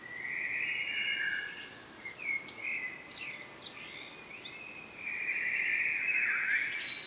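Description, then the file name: Common blackbird singing: a long warbled phrase, a burst of short varied chirps and slurs, then another long warbled phrase, over light background noise. "Turdus merula"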